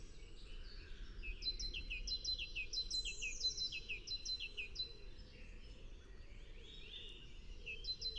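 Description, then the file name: Great tit calling with repeated high, downslurred notes in a steady series over a low background rumble. "Parus major"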